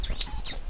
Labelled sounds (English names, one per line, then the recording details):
Stitchbird song
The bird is a male
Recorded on Tiritiri Matangi Island, New Zealand, in 2005
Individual 8, of nest box 10